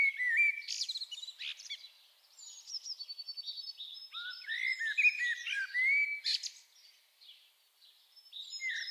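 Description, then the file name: Common blackbird song with mellow whistled phrases and sharp high twittering flourishes, including a quick series of ticking notes, then a lull and a final short phrase. "Turdus merula"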